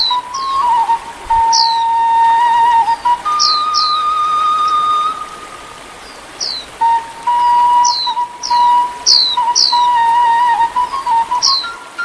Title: Kicau Kacer